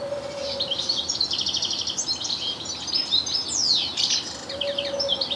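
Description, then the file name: European goldfinch twitter: rapid tinkling and buzzy high-pitched notes pouring out without pause, a few sweeping down-slurred notes, and a quiet low hum at start and end. "Carduelis carduelis"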